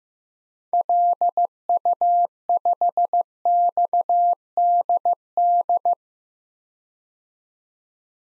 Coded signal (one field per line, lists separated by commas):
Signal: Morse code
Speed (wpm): 15 wpm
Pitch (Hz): 700 Hz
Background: none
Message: LU5XDD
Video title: DXCC-100 Call Signs - 6 Character 15wpm